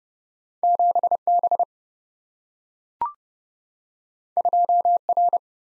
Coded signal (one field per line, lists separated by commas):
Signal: Morse code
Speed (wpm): 30 wpm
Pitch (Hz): 700 Hz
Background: none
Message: 7B 2R